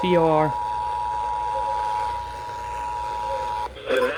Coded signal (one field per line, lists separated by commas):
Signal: Emergency Alert System (SAME) tones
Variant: 853 and 960 Hz attention tone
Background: speech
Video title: hurricane harleen EAS ALERTS FROM EAS #4149 - #4158